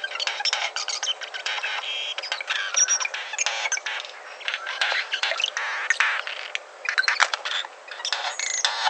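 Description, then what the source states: Regent Bowerbird giving dense, scratchy, rasping call bursts with clicks and brief squeaky notes, fairly continuous throughout, rough and uneven in rhythm. Male bowerbird that exhausts himself for his female and builds a beautiful bower; voice likened to a cat or a reptile.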